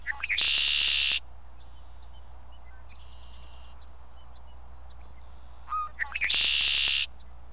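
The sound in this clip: Red-winged blackbird singing twice, each song a harsh, loud buzzing burst under a second long, over a low steady hum.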